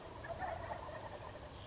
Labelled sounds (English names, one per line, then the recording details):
Wild Turkey
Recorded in Sonoma County, California